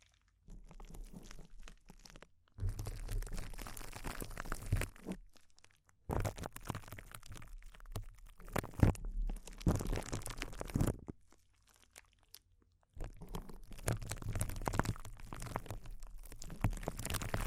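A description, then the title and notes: Intense close-up crinkles come in dense, rough bursts of a few seconds each, roughly 0–2, 2.5–5, 6–11 and 13–17 seconds, separated by brief near-silent gaps. Within each burst the crackling is busy and uneven, with sharper snaps standing out around 9–11 seconds. ASMR Intense Close-Up Crinkles (No Talking).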